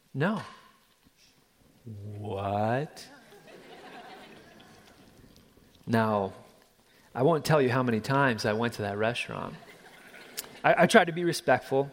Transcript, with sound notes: “No.” What?! (Laughter!) Now, I won’t tell you how many times I went to that restaurant. I tried to be respectful.